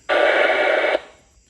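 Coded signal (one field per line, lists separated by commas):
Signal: packet radio (AX.25, as in APRS)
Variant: 1200 baud AFSK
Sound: one short harsh warbling data burst lasting under a second, then quiet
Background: radio static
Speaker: There's obviously a node or something close to me.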